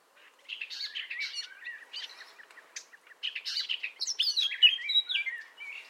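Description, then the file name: Common nightingale: songbird singing in varied, slightly buzzy phrases with chattering notes and a brief pause near three seconds, followed by a longer rich warbling phrase. "Luscinia megarhynchos"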